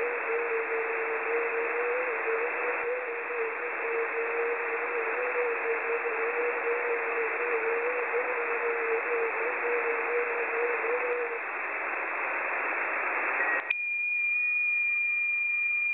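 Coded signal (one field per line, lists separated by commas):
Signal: FT8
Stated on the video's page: Received on 6 meters via sporadic E in the early morning.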